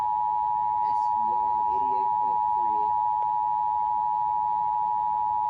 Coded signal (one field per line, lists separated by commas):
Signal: Emergency Alert System (SAME) tones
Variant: 853 and 960 Hz attention tone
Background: speech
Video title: March Madness II… EAS Alerts from 3/15/22 and 3/16/22 | EAS #469 - #507